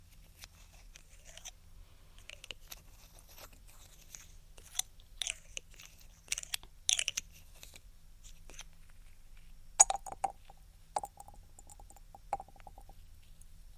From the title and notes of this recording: ASMR INTENSE Ear Attention Triggers (Tapping, Rubbing, Cupping, Lotion, Latex).